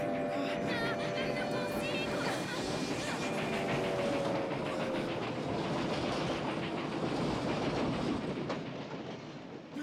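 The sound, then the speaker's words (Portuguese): A train thunders past on railroad tracks, a loud, steady roar of rumbling wheels and metallic clatter with high ringing squeals, easing off slightly in the final second. “Puxa, foi a maior desviada de trem que eu já vi.”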